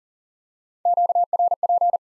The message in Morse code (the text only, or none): QRP